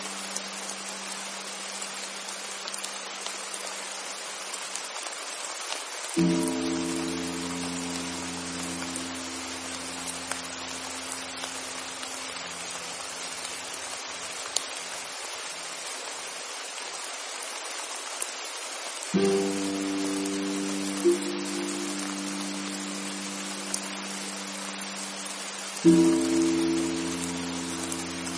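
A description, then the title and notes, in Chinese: Rain falls in a steady, dense hiss from start to finish. A soft low hum sits beneath it at first; at about 6, 19 and 26 seconds, new chords of deep held notes swell in and linger under the rain. 音符疗愈｜安神雨。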